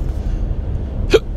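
An adult gives one sudden, sharp, gulping hiccup that breaks a quiet stretch of low room rumble.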